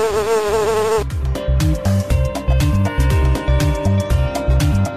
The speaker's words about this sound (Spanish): No soy florista, pero vivo entre las flores y, aunque me resista, el hombre me arrebata mis dulces labores. ¿Quién soy? ¡La abeja!